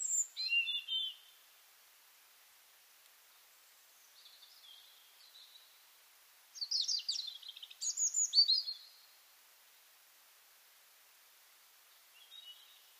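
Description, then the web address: European robin song in separated bursts: a brief high jingle, a soft thin phrase, then a louder rush of tinkling, rapidly varied notes, with quiet gaps between. "SETE data Erithacus rubecula"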